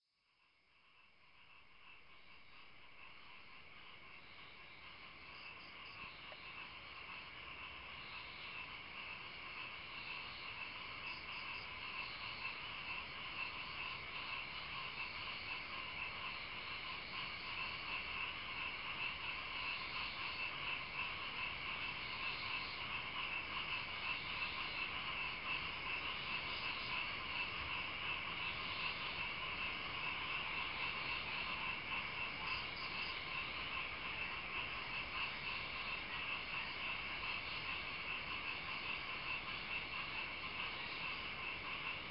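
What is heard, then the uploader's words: A dense evening chorus of frogs fills the countryside, a steady mass of croaking and trilling that swells over the first several seconds and then holds level. High, shimmering insect calls ring continuously above it, with a soft low rumble underneath. Indonesia - rural evening sounds. Dusk in the countryside east of Ubud brings out a chorus of frogs, crickets and cicadas on the island of Bali, Indonesia.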